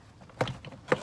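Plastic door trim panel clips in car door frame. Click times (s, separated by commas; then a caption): 0.4 s, 0.9 s. Plastic door trim panel clips are pulled free from the frame of the passenger-side door of a 1999 Buick Century, with the panel worked off around the handle. Sharp pops ring out at 0.4 s and 0.9 s, with fainter rustling clicks between them. The remaining clips release and the panel comes free.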